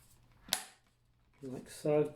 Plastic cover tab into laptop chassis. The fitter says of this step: Just make sure that all these tags across the back here are actually clicking in, like so.